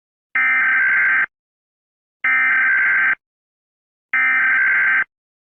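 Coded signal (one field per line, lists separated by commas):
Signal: Emergency Alert System (SAME) tones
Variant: header bursts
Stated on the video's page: Fictional supernatural EAS scenario about New York stuck in a time loop.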